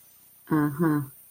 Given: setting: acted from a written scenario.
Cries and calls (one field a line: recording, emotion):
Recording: vocal sound without words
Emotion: realization